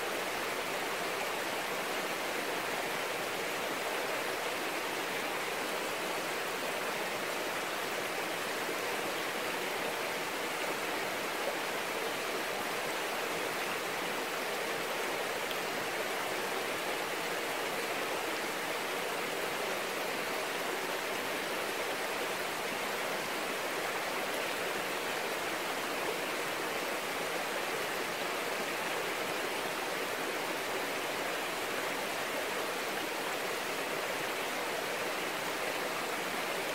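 Rain falls in a dense, unbroken hiss that holds the same level for the whole stretch. The sound is full and bright, a wash of countless drops with no single splashes standing out and no other sounds behind it.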